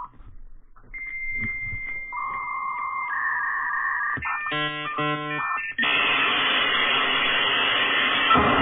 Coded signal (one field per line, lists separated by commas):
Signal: dial-up modem handshake